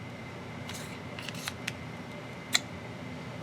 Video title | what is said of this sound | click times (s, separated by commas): Enzo Necker - Now My Go To Neck Knife | There's a bit of a click. | 2.6 s